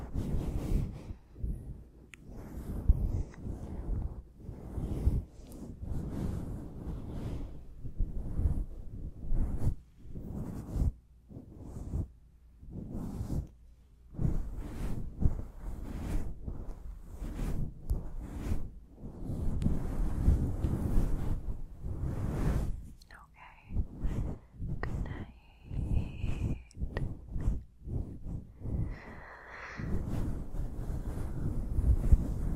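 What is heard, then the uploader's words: A fluffy microphone cover is scratched and rubbed in quick, irregular strokes, each a dull, low-heavy rustling burst with brief gaps between. The scraping continues throughout, denser near the middle, and a few short squeaky tones slip in near the end. WHOLESOME fluffy mic scratching for SLEEP.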